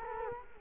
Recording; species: mosquito wingbeat signal from an infrared sensor; Culex quinquefasciatus